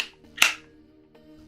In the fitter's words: nice satisfying click